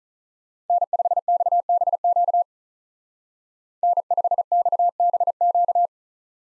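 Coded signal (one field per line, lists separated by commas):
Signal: Morse code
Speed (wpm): 46 wpm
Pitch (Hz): 700 Hz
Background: none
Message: N5XBQ N5XBQ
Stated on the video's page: USA call sign drill in speed-racing format, starting at 35 wpm and slowing to a base speed, with a final repeat at maximum speed.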